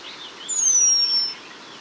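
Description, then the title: Eurasian penduline tit uttering a single thin, high whistle that starts a little higher and slowly falls, lasting close to a second. "La Mésange rémiz (Remiz pendulinus)"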